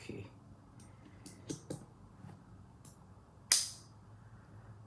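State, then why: Partly seated. During reassembly of a Civivi Vision FG folding knife, a lock mechanism part is pressed into the handle, with a few faint taps before it snaps in with a sharp, loud click at 3.5 s. Someone talks briefly. The part snaps in but not fully right, so it has to be redone.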